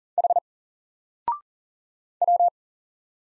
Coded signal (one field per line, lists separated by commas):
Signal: Morse code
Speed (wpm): 40 wpm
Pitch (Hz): 700 Hz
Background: none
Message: H W